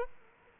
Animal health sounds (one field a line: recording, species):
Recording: mosquito wingbeat signal from an infrared sensor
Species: Aedes aegypti